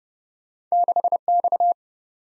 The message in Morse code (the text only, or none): 6 X